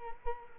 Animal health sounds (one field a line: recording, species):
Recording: mosquito wingbeat signal from an infrared sensor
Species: Culex quinquefasciatus